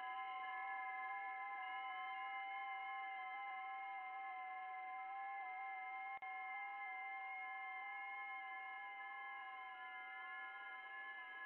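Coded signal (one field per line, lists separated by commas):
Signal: FT8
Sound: several overlapping steady whistling tones shifting pitch in small steps, over hiss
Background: radio static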